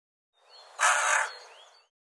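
Bird gives one drawn-out, raspy, scratchy call that rises in loudness and then trails away.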